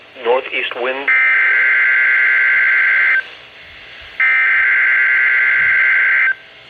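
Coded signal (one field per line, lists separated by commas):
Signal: Emergency Alert System (SAME) tones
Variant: header bursts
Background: speech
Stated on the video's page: Severe thunderstorm alerts from Georgia counties, heavily edited recordings.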